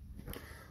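A throttle/choke control assembly is pushed back into its opening in the plastic dash panel of a John Deere LA105 lawn tractor. A single sharp snap is heard at 0.3 s (0.34 s) over a low steady background. The control seats in place.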